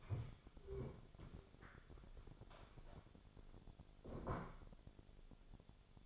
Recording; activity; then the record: daily activity, microphone in the room; stand up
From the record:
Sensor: 5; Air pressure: 1000.6 hPa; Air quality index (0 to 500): 141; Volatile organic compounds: 2 ppm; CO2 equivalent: 1096 ppm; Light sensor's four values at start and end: 46/108/45/47 and 46/108/45/47